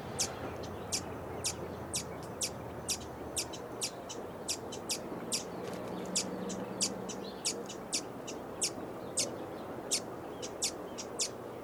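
Bird call notes, sharp high ticks repeated steadily at a quick even pace throughout, over a low background hum.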